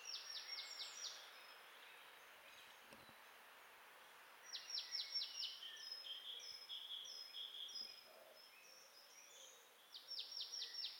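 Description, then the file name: Marsh tit giving three bursts of five or six quick, high, falling notes, with softer scattered chirps after the second burst. "Poecile palustris"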